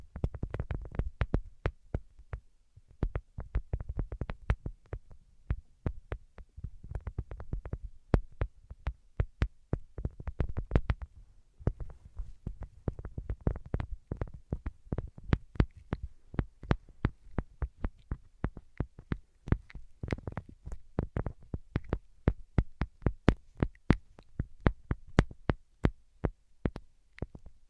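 Tapping with no talking, made up of sharp, quick taps that land in uneven clusters, sometimes sparse and sometimes in rapid bursts, across the whole stretch. A soft low rumble sits underneath, and the taps grow denser and louder after about twenty seconds.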